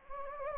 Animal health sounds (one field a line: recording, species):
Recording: mosquito wingbeat signal from an infrared sensor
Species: Anopheles gambiae